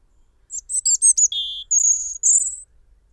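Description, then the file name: European robin song of rapid stuttering high notes, a lower note, then two sustained shrill, slightly rattling trills. "Erithacus rubecula"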